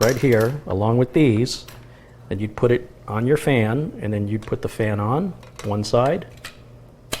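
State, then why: Seated. A wire fan retention clip is hooked on one side of a fan, then the other side is pressed onto a tower CPU heatsink while someone talks. A faint metallic tick comes at 6.4 s and a sharp click at 7.1 s as the clip seats onto the heatsink.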